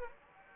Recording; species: mosquito wingbeat signal from an infrared sensor; Anopheles gambiae